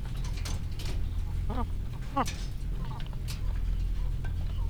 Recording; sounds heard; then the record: poultry house recording; sick chickens (respiratory disease)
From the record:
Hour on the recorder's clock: 15